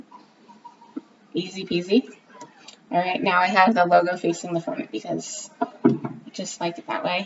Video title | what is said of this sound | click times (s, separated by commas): Young Living Aria Starter Kit Info | Okay, you can turn the diffuser around. It clicks right into here. Easy | 1.0 s